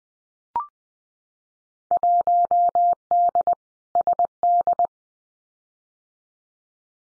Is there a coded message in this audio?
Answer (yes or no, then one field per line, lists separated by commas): yes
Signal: Morse code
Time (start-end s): 1.9-4.9 s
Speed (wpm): 20 wpm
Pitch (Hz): 700 Hz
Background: none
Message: 1D SD